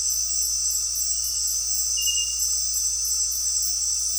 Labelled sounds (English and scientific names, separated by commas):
none